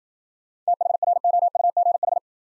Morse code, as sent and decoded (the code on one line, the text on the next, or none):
- .... .-. --- ..- --. ....
THROUGH